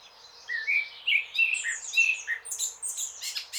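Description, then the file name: Eurasian blackcap song, a short run of sweet slurred whistles rising into a faster burst of high, chattering warbled notes. "Sylvia atricapilla"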